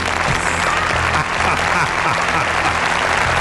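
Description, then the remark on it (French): Dense, steady applause fills the whole stretch at an even, fairly loud level, a hissy wash of many hands clapping, with faint voices murmuring underneath. “Tes applaudissements.”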